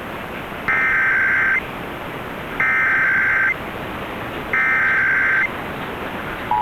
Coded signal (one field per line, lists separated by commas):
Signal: Emergency Alert System (SAME) tones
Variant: header bursts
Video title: Massachusetts RMT on WBZ (12/7/21)(EAS 1009)